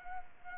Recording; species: mosquito wingbeat signal from an infrared sensor; Culex quinquefasciatus